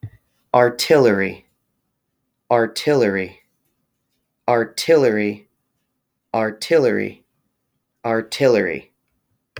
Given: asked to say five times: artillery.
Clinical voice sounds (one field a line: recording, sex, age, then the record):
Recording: repeated word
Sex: male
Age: 30 to 39 years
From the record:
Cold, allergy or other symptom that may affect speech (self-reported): no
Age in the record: 32 years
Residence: Connecticut, United States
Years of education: 16